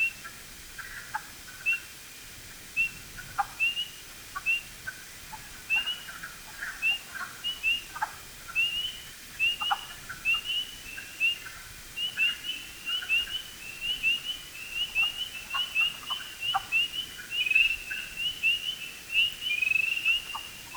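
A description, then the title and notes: Spring peepers call in a dense chorus of short, high, whistle-like peeps, repeating rapidly and overlapping throughout. The calls grow busier toward the end, with some loud. Brief lower croaks and clicks from other frogs are scattered underneath. Spring Peepers and two other frog species calling in early spring. Recorded by Neal Johnson. This delicate whistle-like call.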